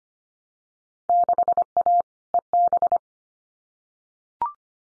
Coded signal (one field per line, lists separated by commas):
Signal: Morse code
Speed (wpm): 25 wpm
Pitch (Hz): 700 Hz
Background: none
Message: 6A EB